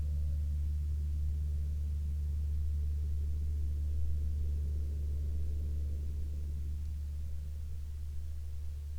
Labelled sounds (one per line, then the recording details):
aircraft
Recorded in the Arctic National Wildlife Refuge, Alaska, on 14 May 2021 at 12:19
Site 46